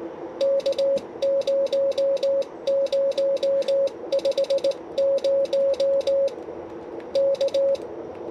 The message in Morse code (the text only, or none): K0050 K